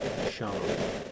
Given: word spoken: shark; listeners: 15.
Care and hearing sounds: one English word in noise, from a listening test; noise modulated by three-talker babble; -6.9 dB; 0 of 15; 9 of 15; 0.72 s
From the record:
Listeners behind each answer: 9, 5, 1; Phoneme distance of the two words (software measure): 10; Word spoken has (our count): 1 syllable, 3 phonemes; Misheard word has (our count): 1 syllable, 3 phonemes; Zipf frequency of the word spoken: 4.17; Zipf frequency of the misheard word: 4.55

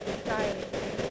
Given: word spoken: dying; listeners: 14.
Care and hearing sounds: one English word in noise, from a listening test; noise modulated by three-talker babble; -3.4 dB; 0 of 14; 6 of 14; 0.70 s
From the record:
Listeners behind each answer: 6, 2, 1, 1, 1, 1, 1, 1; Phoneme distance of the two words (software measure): 17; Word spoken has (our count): 2 syllables, 4 phonemes, stress on syllable 1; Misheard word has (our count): 2 syllables, 5 phonemes, stress on syllable 1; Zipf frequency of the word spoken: 4.50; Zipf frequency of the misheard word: 4.47

